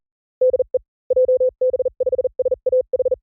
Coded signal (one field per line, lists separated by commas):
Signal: Morse code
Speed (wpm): 40 wpm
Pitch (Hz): 510 Hz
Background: none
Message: DE JB5SAH